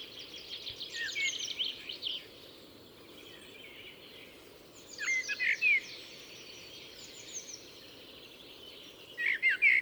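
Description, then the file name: Common blackbird song: several phrases of whistled notes and high, scratchy twittering, with quiet pauses between them over faint background hiss. "Turdus merula"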